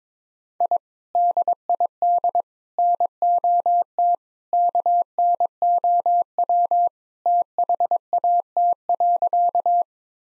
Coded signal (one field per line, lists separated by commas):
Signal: Morse code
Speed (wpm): 22 wpm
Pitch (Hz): 700 Hz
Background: none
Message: I DID NOT KNOW THAT.